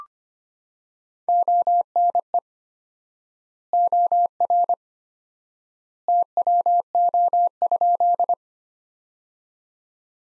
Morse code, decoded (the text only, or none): ONE OR TWO?